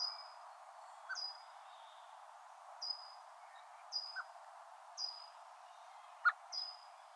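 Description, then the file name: Common blackbird giving several thin, high, slightly falling calls at irregular intervals, with a few clicks in between. "Turdus merula"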